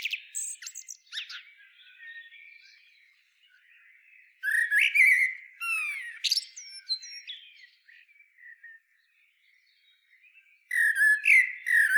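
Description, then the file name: Common blackbird song: varied flute-like phrases rising and falling, mixed with thin high squeaks and twitters, interrupted by brief quiet spells. "Turdus merula"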